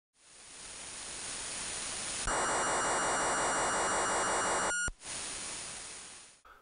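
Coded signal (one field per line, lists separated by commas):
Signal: unidentified radio signal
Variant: car key fob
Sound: radio hiss, then a rhythmic buzzing data burst about 2.5 seconds long, then hiss again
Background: radio static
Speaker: right in the middle of the 70 centimeter amateur band around 432 megahertz is a portion of the spectrum that is constantly active with all kinds of odd noises 24 7. the main users of this portion of the band are car keys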